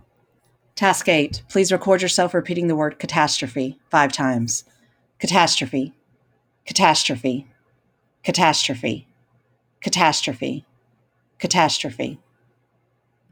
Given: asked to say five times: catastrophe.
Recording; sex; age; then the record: repeated word; female; 40 to 49 years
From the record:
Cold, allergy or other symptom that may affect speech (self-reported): no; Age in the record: 43 years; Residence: North Carolina, United States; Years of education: 20